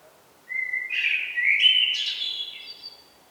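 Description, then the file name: Eurasian blackbird singing one phrase: a fluted whistle, then a busy, scratchy high twitter trailing off over about two seconds. "Turdus merula"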